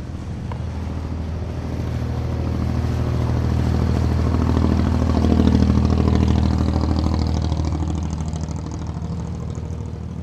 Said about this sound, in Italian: La partenza sembra quella di una gara di offshore. Il rombo del motore è assordante, le botte dello scafo sulle onde fanno temere un naufragio da un momento all'altro.